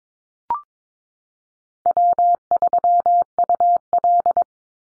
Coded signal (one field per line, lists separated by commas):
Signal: Morse code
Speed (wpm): 22 wpm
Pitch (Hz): 700 Hz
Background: none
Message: W3UL